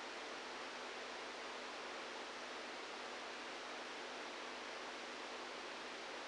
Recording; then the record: brain microelectrode recording played as sound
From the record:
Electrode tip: outside the subthalamic nucleus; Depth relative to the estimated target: 1 mm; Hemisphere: right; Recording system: NeuroSet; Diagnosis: Parkinson's disease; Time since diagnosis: 27 years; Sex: male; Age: 62 years